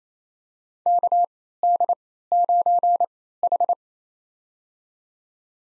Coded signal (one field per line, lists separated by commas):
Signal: Morse code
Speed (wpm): 28 wpm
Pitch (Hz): 700 Hz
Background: none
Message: KD9H